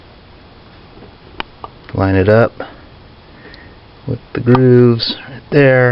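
A lubricated fuel injector for a 2003 Ford Escape is lined up with the grooves and handled at the engine's injector bore and fuel rail while someone talks, with two brief ticks at 1.4 s and 1.6 s. The injector has not seated or clicked into place yet.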